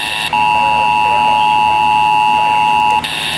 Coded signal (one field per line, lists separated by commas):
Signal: Emergency Alert System (SAME) tones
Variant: 853 and 960 Hz attention tone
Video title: A CURSED EVENT.... | EAS Alerts from 7/16/24 | EAS#908-1,011